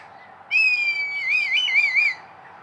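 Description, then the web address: Red kite whistled call: a sustained, gently descending whistle followed by a quick series of wavering, quavering notes, then silence. "sound Red-kite. صدای-پرنده-کورکور-حنایی"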